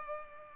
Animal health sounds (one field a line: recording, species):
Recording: mosquito wingbeat signal from an infrared sensor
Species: Culex pipiens